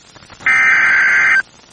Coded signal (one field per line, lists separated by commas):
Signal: Emergency Alert System (SAME) tones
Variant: header bursts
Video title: NOAA Weather Radio · WXJ96 Monroe, Louisiana · EAS #5 · Severe Thunderstorm Warning · 12/28/24